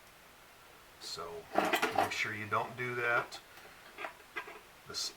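Someone talks while a spring-finger retainer clip on a car clutch linkage rod is handled and positioned to be pushed over the rod end, with light tapping and handling noises. The clip is not yet home and nothing has seated or clicked; it gives a more solid click only once it seats where it belongs.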